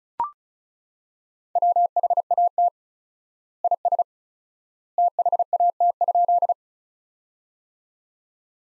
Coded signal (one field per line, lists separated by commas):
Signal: Morse code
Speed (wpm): 36 wpm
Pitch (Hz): 700 Hz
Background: none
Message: WHAT IS THAT?